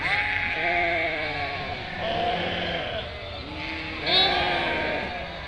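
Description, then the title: Sheep bleating, a few long overlapping wavering bleats, with a louder high bleat near the end. Flock of 467 sheep and lambs on the move, grazing grass and wild garlic; bleating chorus, highly spatialised and moving; spring day, Chindrieux, France; binaural, Fostex FR2 LE. "847 Rue de Vars, 73310 Chindrieux, France - Troupeau de moutons"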